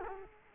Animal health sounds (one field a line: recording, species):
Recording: mosquito wingbeat signal from an infrared sensor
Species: Culex quinquefasciatus